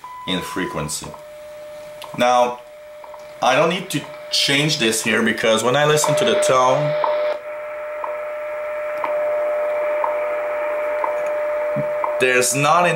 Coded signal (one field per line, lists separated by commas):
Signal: radio time signal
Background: speech